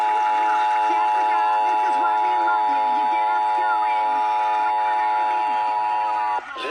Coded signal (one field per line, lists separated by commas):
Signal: Emergency Alert System (SAME) tones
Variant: 853 and 960 Hz attention tone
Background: speech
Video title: The Nationwide FEMA NPT (EAS 212-213)